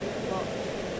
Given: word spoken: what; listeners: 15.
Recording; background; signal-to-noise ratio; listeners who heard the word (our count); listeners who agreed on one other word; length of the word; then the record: one English word in noise, from a listening test; speech-shaped noise; -6.3 dB; 0 of 15; 8 of 15; 0.60 s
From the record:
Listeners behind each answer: 8, 3, 2, 1, 1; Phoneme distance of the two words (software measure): 27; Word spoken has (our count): 1 syllable, 3 phonemes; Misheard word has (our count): 1 syllable, 4 phonemes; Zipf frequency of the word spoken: 6.78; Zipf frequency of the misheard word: 5.12